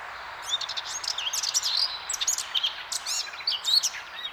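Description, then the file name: Eurasian blackcap song: after a half-second pause, a fast, varied warble of chirps, slurred whistles and trills runs without a break to the end, over faint steady hiss. "Sylvia atricapilla"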